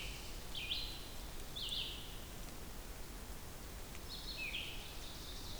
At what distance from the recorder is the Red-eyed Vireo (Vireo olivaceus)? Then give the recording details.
about 40 m. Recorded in boreal forest in Alberta, Canada, on 2 June 2016 at 07:38. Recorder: SongMeter 3, array SBT-3-7. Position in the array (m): 80 m, 144 m